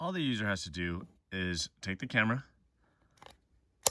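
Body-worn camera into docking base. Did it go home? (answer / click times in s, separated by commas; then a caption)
yes / 3.9 s. Someone talks as a VisioLogix (VLX) CITE F1 body-worn camera is inserted into its plastic docking base. After a few faint taps near 3.2–3.3 seconds, a sharp, loud click sounds at 3.9 seconds as the camera locks and is secured in the base.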